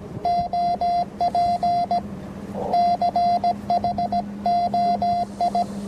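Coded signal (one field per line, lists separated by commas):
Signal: Morse code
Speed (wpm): 17 wpm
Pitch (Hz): 690 Hz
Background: none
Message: OP CHOI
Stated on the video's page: QRP CW from an FT-817 during a bicycle trip.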